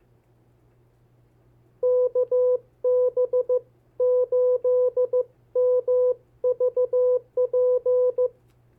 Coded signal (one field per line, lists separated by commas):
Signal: Morse code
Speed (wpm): 15 wpm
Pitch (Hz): 500 Hz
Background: none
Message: KB8MVP